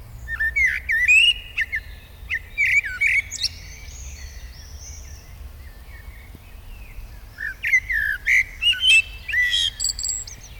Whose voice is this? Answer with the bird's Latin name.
Turdus merula